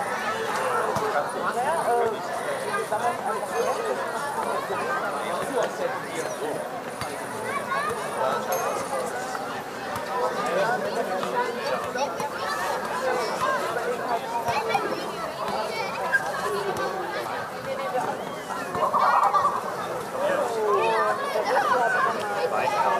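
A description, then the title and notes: Children play on a playground on a summer evening, their overlapping voices and chatter filling the whole stretch without a break. The level stays fairly even, with a brief louder burst of calling around nineteen seconds and a faint steady hiss high above. Audio Journeys of Berlin: Summer Evening Joy and Child Play. Begin at the joyful hum of a children's playground.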